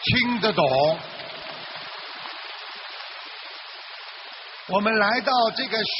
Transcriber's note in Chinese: 掌声